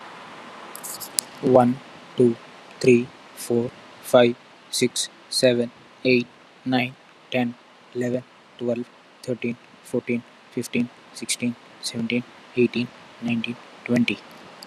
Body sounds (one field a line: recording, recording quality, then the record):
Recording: counting at a normal pace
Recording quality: moderate, slight background noise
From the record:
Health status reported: exposed to COVID-19, no respiratory illness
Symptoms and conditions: none ticked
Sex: male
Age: 25 years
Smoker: yes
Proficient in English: yes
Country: India